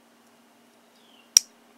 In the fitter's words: heard that locked